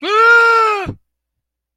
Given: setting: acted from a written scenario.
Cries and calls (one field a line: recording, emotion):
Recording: vocal sound without words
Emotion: fear